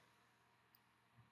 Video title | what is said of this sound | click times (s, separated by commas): Overview of Hardware for EM TP – Tissue Processor | each vial is twisted to be locked into place | 0.8 s